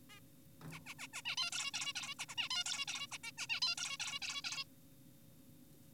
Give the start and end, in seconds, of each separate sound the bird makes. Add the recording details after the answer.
0.10-0.20, 0.72-0.80, 0.86-0.94, 0.99-1.08, 1.14-1.22, 1.26-1.36, 1.38-1.51, 1.52-1.72, 1.74-1.93, 1.96-2.15, 2.19-2.26, 2.29-2.35, 2.38-2.49, 2.51-2.64, 2.66-2.86, 2.88-3.07, 3.12-3.18, 3.24-3.32, 3.38-3.47, 3.50-3.60, 3.62-3.75, 3.78-3.97, 4.00-4.20, 4.22-4.42, 4.44-4.64. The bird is an adult. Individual g4p5U